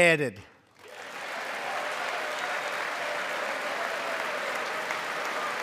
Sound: applause

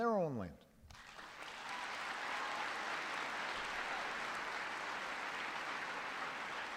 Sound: applause

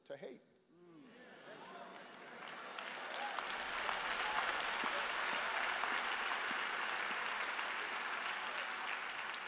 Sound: applause

